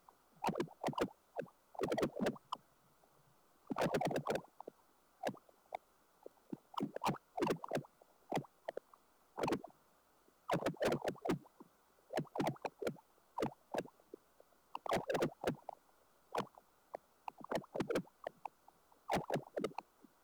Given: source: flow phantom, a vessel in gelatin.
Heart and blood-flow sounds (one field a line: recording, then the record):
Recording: Doppler ultrasound of air bubbles in flowing water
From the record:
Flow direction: towards the transducer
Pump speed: 200 rpm (720 mL/min)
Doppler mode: pulsed wave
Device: 7 MHz transducer